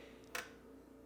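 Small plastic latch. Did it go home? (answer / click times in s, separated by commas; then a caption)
released / 0.4 s. A magnetic key placed on the outside of a cabinet over a child-safety lock pulls the plastic latch mechanism down, making a single sharp click at 0.4 s. The latch is released and the cabinet unlocks, with only low background hum before and after.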